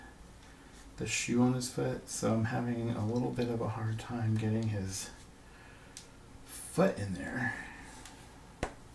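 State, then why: Seated. Someone talks while struggling to push a small ball-jointed doll's foot into its tight plastic doll shoe. A sharp snap at 8.6 s marks the foot popping into the shoe, which goes in when pushed the right way, and the shoe is seated.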